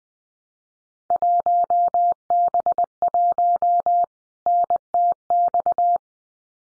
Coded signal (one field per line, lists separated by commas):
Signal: Morse code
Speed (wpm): 20 wpm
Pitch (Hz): 700 Hz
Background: none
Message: 1B1 NTX